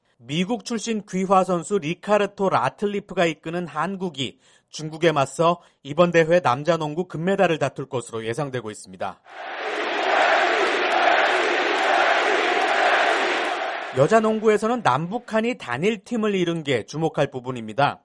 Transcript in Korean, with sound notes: 미국 출신 귀화선수 리카르토 라틀리프 가 이끄는 한국이, 중국에 맞서 이번 대회 남자 농구 금메달을 다툴 것으로 예상되고 있습니다. [녹취: 경기장 관중 함성] 여자 농구에서는 남북한이 단일팀을 이룬 게 주목할 부분입니다.